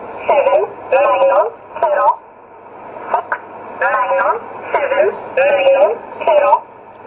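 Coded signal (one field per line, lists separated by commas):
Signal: numbers station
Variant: E11 Oblique, English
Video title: 12 08 2017 Numbers station E11 Oblique in English to Eu 0811 on 9079 in USB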